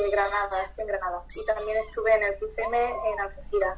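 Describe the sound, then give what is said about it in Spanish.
A small female pet kitten meows over and over, about five or six high, plaintive cries in quick succession, each bending up and down in pitch, fairly loud and with no one talking. “Si hay algún chirrido, voy a ver si pudieras arreglarlo. Es una gatita chica que tengo que está aquí.”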